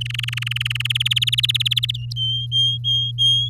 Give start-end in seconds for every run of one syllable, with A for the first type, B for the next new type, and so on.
0.01-0.97 A, 1.00-1.97 B, 2.16-3.49 C